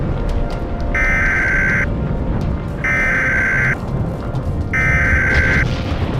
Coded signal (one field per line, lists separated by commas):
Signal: Emergency Alert System (SAME) tones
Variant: header bursts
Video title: eas scenario: Goikan Occupation